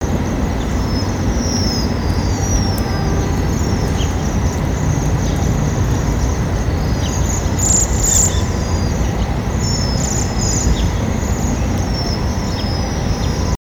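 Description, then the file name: Japanese waxwings giving thin, very high calls repeatedly over a loud, steady low rumble throughout. "hirenjaku"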